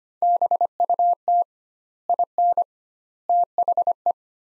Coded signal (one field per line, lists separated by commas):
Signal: Morse code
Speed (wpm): 25 wpm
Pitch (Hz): 700 Hz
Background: none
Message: BUT IN THE